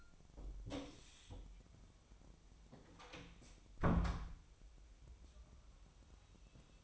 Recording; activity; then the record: daily activity, microphone in the room; close door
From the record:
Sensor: 1